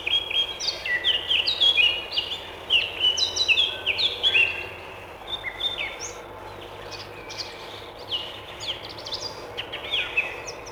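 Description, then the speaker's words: Eurasian blackcap song: rapid, varied warbling of bright, clear notes in quick phrases, loud at first, then softer. Male blackcap singing loudly and ringingly; song compared to that of the nightingale; prefers deciduous and mixed forests. "Черноголовка – один из самых даровитых и миловидных певцов. Послушаем ее."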